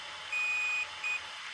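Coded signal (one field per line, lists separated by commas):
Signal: beep code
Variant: Team Associated ESC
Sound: one long high beep followed by one short high beep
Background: background hiss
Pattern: 1 long, 1 short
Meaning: Setting value 6 on the ESC programming menu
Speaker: six which is what what we had it on before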